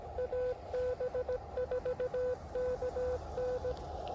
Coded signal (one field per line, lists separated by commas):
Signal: Morse code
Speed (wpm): 17 wpm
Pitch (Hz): 500 Hz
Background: none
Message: AB4KN